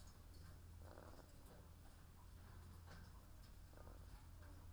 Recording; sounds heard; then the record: poultry house recording; sick chickens (respiratory disease)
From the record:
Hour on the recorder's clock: 13